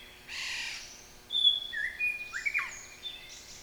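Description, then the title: White-rumped shama song: a harsh raspy burst, then clear whistled notes and quick rising and falling phrases, varied and rich. National champion bird; masteran recording used for training pet songbirds to sing. "Suara Murai Batu Juara Nasional"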